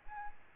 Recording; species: mosquito wingbeat signal from an infrared sensor; Aedes albopictus